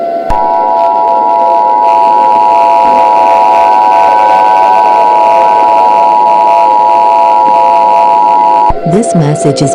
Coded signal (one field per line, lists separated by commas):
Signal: Emergency Alert System (SAME) tones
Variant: 853 and 960 Hz attention tone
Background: speech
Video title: EAS Scenario: Dark Titanomachy